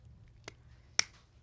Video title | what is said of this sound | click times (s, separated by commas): Ruger LCP Flat Trigger Upgrade - Custom Ruger LCP Aftermarket Parts by M*CARBO! Ruger LCP1 Only. | I mean you'll hear it, you just heard it snap right into place, and that's solid reinforcement | 1.0 s